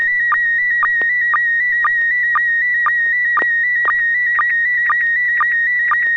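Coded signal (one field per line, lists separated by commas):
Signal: SSTV (slow-scan television)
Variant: PD120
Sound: warbling tone around 2 kHz with regular short low blips about twice a second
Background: low hum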